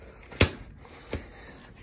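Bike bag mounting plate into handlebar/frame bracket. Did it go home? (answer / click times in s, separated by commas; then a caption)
yes / 0.4 s. An ENGWE bike bag, converted to a keyed MIK quick-mount plate, is pushed down into its handlebar/frame bracket on the bike. It snaps in with one sharp click at 0.4 s, followed by a fainter knock at about 1.1 s. The bag is seated and locked into place.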